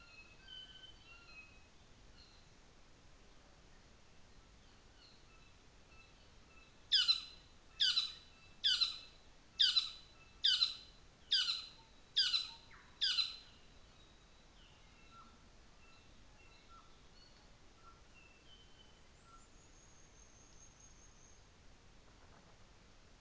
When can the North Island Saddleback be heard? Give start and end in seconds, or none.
6.81-13.40